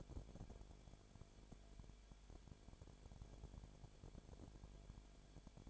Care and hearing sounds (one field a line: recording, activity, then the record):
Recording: daily activity, microphone in the room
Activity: no activity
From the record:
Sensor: 5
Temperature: 19.8 degrees Celsius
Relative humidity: 33.3%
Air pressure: 1001.4 hPa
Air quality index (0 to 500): 32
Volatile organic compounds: 1 ppm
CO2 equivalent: 525 ppm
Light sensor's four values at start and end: 2/3/1/1 and 2/3/1/1